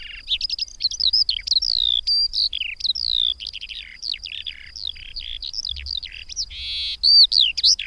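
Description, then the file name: Eurasian skylark song, a fast unbroken warble of sharp high notes, buzzy trills and quick rising and falling whistles. "Mezei pacsirta"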